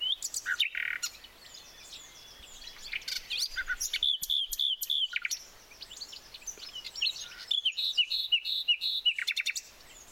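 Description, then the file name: Common nightingale song: varied phrases of sharp chirps, pure whistles and rapid repeated clicks. "Luscinia megarhynchos"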